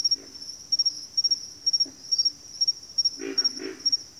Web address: Sleep Sounds of Nature. Pig Frogs